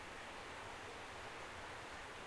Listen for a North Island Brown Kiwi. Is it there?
no